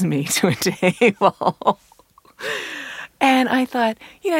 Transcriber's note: soundbite of laughter